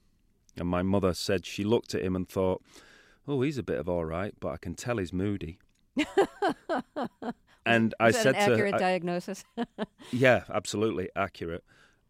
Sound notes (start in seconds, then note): 6.0 laughter; 9.4 laughter